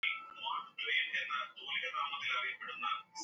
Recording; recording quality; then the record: sustained vowel as in made; poor, much background noise or distortion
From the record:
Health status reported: healthy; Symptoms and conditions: none ticked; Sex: male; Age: 27 years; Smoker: not ticked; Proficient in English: yes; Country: India